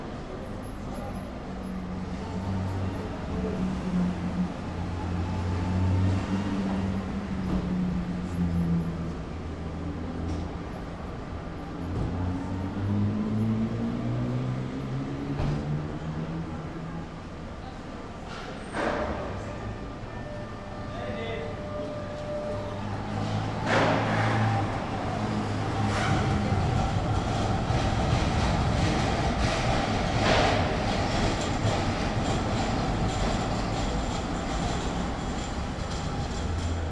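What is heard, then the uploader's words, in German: Station life: a steady low rumble of trains and machinery fills the clip, with voices murmuring through the first twenty seconds. Sharp clanks and thuds strike around 19, 23 and 26 seconds, and a louder, denser rolling noise takes over for the final stretch. Bahnhofleben.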